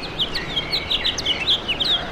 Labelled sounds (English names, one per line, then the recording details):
House Finch song
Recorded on Long Island, New York, on 23 June 2012
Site AP
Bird C